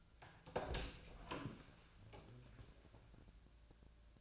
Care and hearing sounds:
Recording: daily activity, microphone in the room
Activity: open door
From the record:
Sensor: 2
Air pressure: 1000.4 hPa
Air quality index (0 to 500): 173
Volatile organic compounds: 3 ppm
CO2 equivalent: 1436 ppm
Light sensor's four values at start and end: 9/22/9/10 and 10/23/10/10

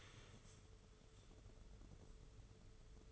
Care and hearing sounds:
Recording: daily activity, microphone in the room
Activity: stand up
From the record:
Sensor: 4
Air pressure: 995.3 hPa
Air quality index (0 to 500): 218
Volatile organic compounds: 273 ppm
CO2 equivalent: 4420 ppm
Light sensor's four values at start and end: 19/50/20/24 and 19/49/19/23

